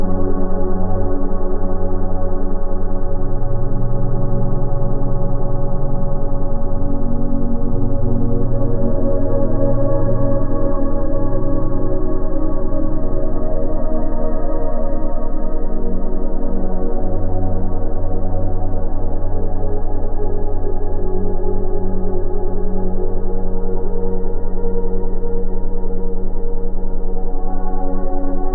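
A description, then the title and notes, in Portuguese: A steady low drone of layered sustained tones, like a gong or singing bowl, slowly swelling and shifting beneath a constant deep hum. Frequência 10Hz + 20 Hz.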